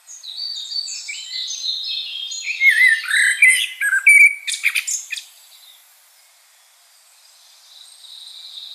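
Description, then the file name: Common blackbird song: a long rambling phrase of warbled fluty notes rising into scratchy high squeaks, then quiet with a faint high hiss. "Turdus merula"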